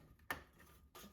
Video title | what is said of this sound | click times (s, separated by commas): Easy upgrade installing new blinds | until you hear it unclick, and you just flip it up. | 0.3 s